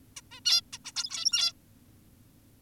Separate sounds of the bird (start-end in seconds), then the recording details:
0.17-0.21, 0.31-0.40, 0.45-0.61, 0.73-0.79, 0.85-0.92, 0.96-1.53. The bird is an adult. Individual g17y2U